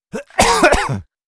Male Cough.